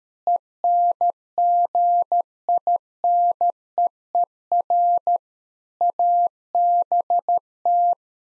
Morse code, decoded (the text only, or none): ENGINEER ABT